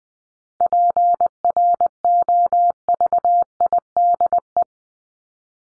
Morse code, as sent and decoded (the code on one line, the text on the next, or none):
.--. .-. --- ...- .. -.. .
PROVIDE